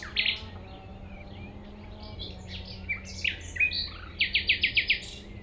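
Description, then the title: Common nightingale singing varied phrases of chirps and slurred notes, ending in a fast run of loud, evenly repeated piping notes over steady low background rumble. Singing in tall grass at Chindrieux, France, approached on foot by the recordist; deaf to outside noise while singing; airliners and an accelerating vehicle in background. "195 Rue de Vars, Chindrieux, France - approche d'un rossignol"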